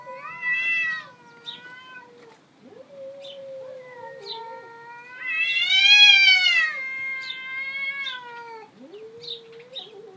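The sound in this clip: Cat meowing in long, drawn-out tones: several wavering meows, with one louder, rising-and-falling cry in the middle.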